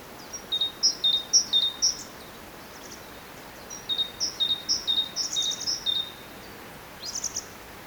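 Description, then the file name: Great tit song: bright two-note phrases, a high note dropping to a lower one, repeated quickly in bursts of several motifs with pauses between. "Parus major"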